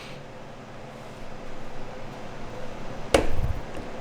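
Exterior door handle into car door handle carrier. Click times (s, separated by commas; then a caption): 3.2 s. An exterior door handle on a Mercedes C-Class W205 (2015-2022) is wiggled forward into the car door handle carrier during reinstallation, with its metal piece lined up between two tabs. Low handling rustle grows from about 1.2 s, then a sharp hit at 3.2 s as the handle pops into place, followed by a few soft low thuds. The handle is seated.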